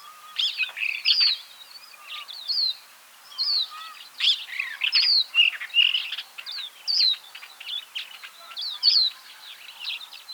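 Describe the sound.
Capped wheatear song: short, scratchy phrases of chirps and high slurred whistles, repeated in bursts with brief gaps in between.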